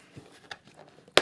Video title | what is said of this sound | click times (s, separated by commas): HJC RPHA 11 PRO Helmet Review from Sportbiketrackgear.com | got two snaps here at the back go ahead and disengage those and up front here | 1.2 s